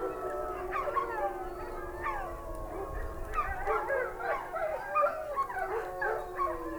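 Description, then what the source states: Wolf: wolves howling and yipping together, many short sliding cries and whimpering notes. Several wolves howling.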